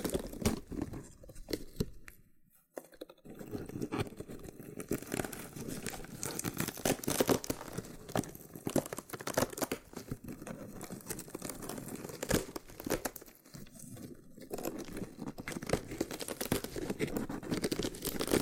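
Loofah sounds: dense, scratchy crinkling and peeling that runs almost without pause, bright and rough across the whole range. Sharp pops and cracks break through often and irregularly. Brief near-silent gaps fall around two and a half seconds and again near thirteen seconds.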